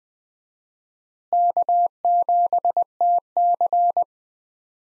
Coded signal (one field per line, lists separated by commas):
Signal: Morse code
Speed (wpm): 20 wpm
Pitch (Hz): 700 Hz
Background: none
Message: K7TC